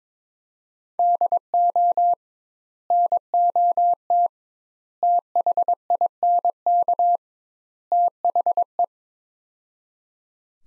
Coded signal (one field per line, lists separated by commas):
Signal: Morse code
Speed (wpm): 22 wpm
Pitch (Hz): 700 Hz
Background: none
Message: DO NOT THINK THE